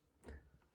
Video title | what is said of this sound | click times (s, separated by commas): Corsair 4000X RGB Build Guide with Ryzen 9 5900X | that's all there is to snapping it in place | 0.3 s